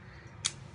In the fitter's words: off, clicks in place, simple.